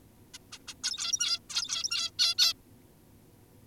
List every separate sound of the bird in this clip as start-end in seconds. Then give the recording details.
0.34-0.38, 0.52-0.58, 0.68-0.74, 0.83-1.40, 1.50-2.11, 2.19-2.35, 2.38-2.54. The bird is an adult. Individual g17y2U